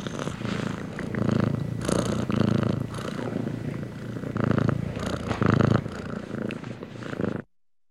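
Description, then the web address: Domestic cat purring, a low rumbling throb pulsing about four times per second, swelling and fading in bursts before stopping abruptly near the end. Contented domestic cat purring while being petted. "cat purring and meowing animal purring contented animal x purring being petted animal"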